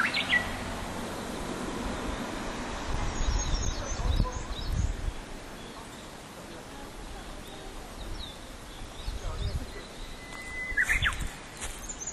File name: uguisu